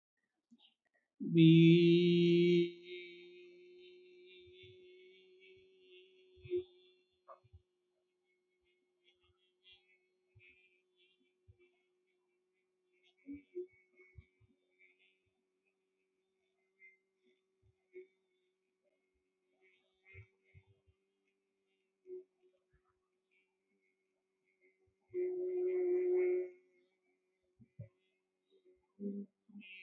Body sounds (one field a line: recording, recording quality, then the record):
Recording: sustained vowel as in beet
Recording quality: excellent, no background noise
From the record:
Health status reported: healthy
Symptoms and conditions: none ticked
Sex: male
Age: 21 years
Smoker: yes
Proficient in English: yes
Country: India